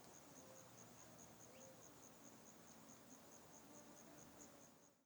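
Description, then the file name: Cricket song: a steady series of high, evenly spaced pulses running throughout over soft background hiss, with an occasional short upward squeak and faint lower tones. Insects in a deforested area. "Ambiente area desmatada insetos grilos"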